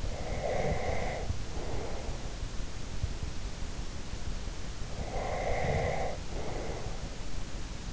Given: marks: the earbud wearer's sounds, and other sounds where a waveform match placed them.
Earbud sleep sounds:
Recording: sounds in sleep by an in-ear microphone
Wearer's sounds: breath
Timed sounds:
0.00-2.21 s: breath
4.78-7.01 s: breath

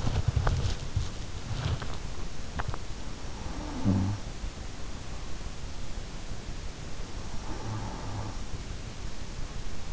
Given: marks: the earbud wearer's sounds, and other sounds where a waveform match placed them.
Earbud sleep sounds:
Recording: sounds in sleep by an in-ear microphone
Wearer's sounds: teeth grinding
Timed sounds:
0.00-4.84 s: teeth grinding
3.35-4.40 s: sound from someone else or the room
7.32-8.82 s: sound from someone else or the room

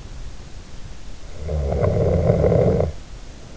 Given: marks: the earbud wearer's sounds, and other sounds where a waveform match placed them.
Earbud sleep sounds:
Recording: sounds in sleep by an in-ear microphone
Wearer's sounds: snoring breath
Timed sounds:
1.42-3.36 s: snoring breath

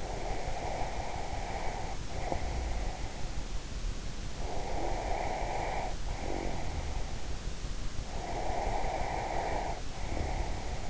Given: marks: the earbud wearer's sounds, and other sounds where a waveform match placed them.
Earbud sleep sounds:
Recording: sounds in sleep by an in-ear microphone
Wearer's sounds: breath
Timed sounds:
0.00-3.22 s: breath
4.33-7.13 s: breath
8.24-10.90 s: breath

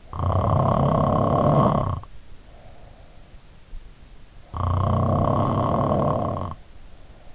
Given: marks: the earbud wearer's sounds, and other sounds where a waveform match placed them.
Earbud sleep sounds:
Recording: sounds in sleep by an in-ear microphone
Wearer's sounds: snoring breath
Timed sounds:
0.00-3.19 s: snoring breath
4.28-7.25 s: snoring breath

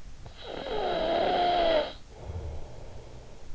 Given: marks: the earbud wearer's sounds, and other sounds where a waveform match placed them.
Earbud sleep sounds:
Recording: sounds in sleep by an in-ear microphone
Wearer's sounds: snoring breath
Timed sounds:
0.27-3.55 s: snoring breath

